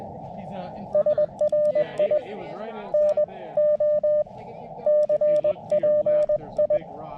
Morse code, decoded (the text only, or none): SRI N O CPI